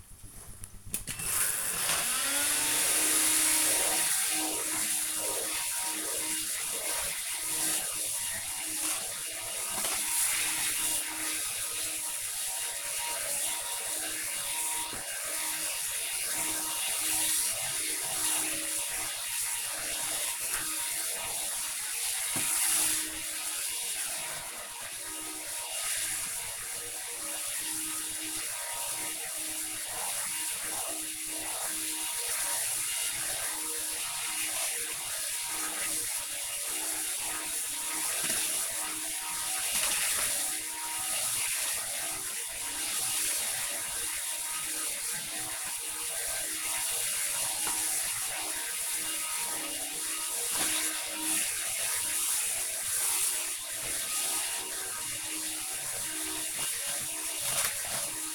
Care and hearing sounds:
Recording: household activities, microphone on the right wrist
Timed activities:
1.59-58.35 s: vacuum cleaning

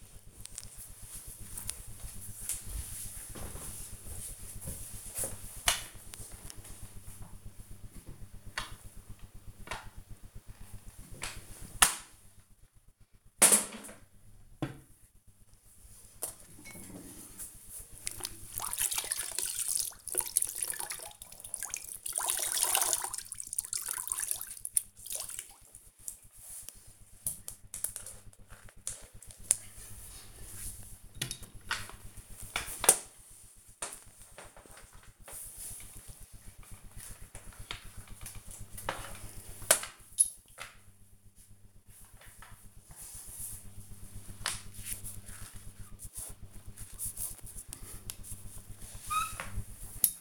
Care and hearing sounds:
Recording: household activities, microphone on the right wrist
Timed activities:
10.59-50.21 s: floor cleaning

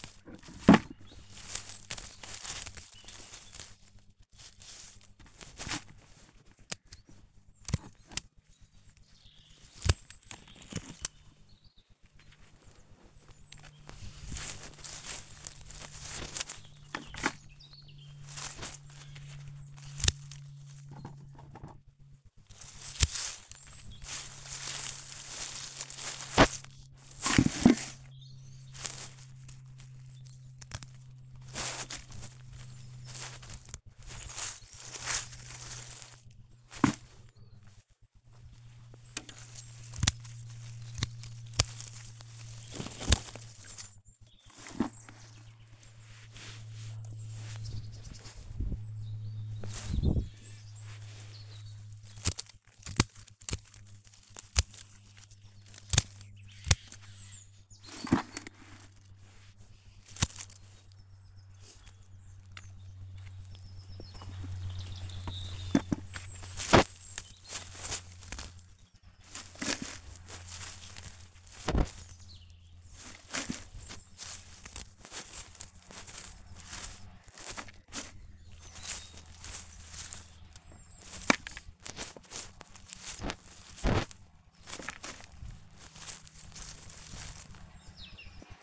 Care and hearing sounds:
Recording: household activities, microphone on the right wrist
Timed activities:
0.00-20.88 s: working in the garden
29.94-88.63 s: removing plants (near water)

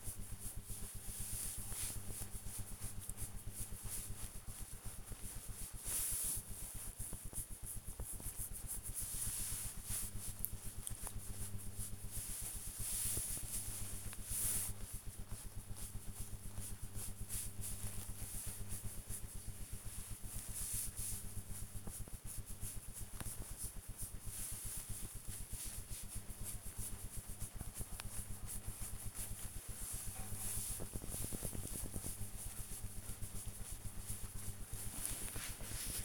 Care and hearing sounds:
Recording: household activities, microphone on the right wrist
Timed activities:
0.00-36.05 s: pet the dog

